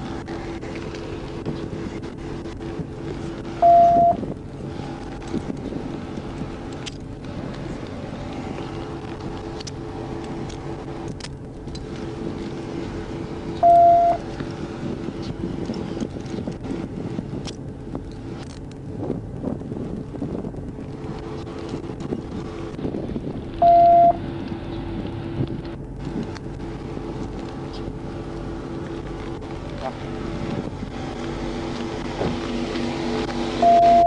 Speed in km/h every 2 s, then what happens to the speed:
0, 0, 0, 0, 0, 0, 0, 0, 0, 0, 0, 0, 0, 0, 0, 0, 0.
0-34 standing.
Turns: none.